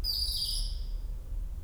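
Bird call: one high, thin whistled note that steps down in pitch partway, fading after about a second, over a low steady rumble.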